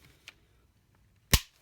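The plastic two-click limb joint of a Power Rangers T-Rex Battle Zord toy robot figure is moved from the straight-arm position into the bent-arm position, which forms the arm for the combined Megazord mode. A faint tick sounds at about 0.3 s, then a sharp, loud click at 1.3 s as the joint seats into the bent position.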